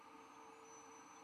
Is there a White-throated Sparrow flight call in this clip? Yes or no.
no